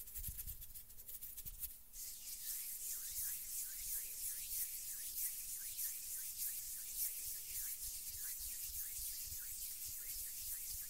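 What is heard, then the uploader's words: Hands rub together in a steady, papery swish, with rhythmic strokes repeating about twice a second after a brief low thump near the start. ASMR RELAXING HAND SOUNDS - NO TALKING.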